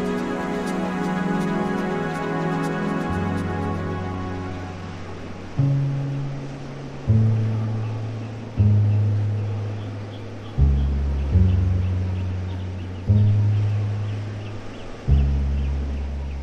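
Ambient music with sustained tones over deep bass notes that shift and swell every second or two, after a brighter opening with soft ticking.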